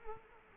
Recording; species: mosquito wingbeat signal from an infrared sensor; Culex quinquefasciatus